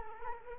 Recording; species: mosquito wingbeat signal from an infrared sensor; Culex quinquefasciatus